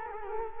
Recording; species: mosquito wingbeat signal from an infrared sensor; Culex quinquefasciatus